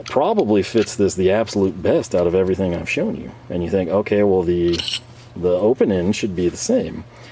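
Someone talks while handling a steel Stahlwille combination wrench and a steel screwdriver, lining the wrench's open end up with the screwdriver's 10 mm hex bolster for a very tight fit, with faint metallic clinks under the speech. Nothing has seated or clicked yet; the clip ends just before the open end goes home.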